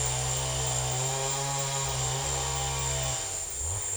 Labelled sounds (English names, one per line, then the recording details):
none
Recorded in secondary vegetation near Puerto Asís, Putumayo, Colombia, on 26 December 2024 at 15:30
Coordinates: 0.484, -76.319
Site GP06